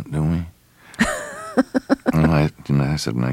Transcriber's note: laughter